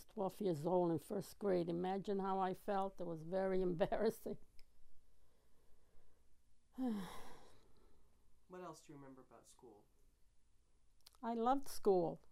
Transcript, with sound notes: I was twelve years old in first grade. Imagine how I felt? It was very embarrassing. ( she sighs )
What else do you remember about school?
I loved school.